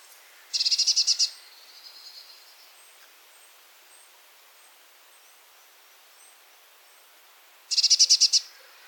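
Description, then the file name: Eurasian blue tit giving a rapid buzzy trill of several notes, repeated once after a long pause, with faint high notes between. "Cyanistes caeruleus"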